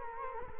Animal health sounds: mosquito wingbeat signal from an infrared sensor; Culex quinquefasciatus

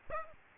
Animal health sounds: mosquito wingbeat signal from an infrared sensor; Aedes aegypti

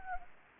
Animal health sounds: mosquito wingbeat signal from an infrared sensor; Anopheles gambiae

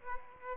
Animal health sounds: mosquito wingbeat signal from an infrared sensor; Aedes aegypti

